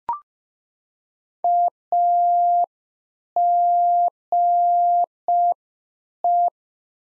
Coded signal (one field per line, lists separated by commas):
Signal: Morse code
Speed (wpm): 5 wpm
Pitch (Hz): 700 Hz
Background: none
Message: AGE